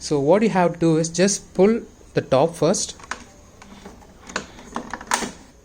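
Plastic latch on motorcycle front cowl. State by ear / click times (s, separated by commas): released / 5.1 s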